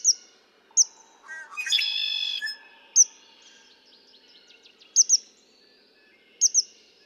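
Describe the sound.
Red-winged blackbird song, a harsh trill near the middle, with sharp high chips before and after it.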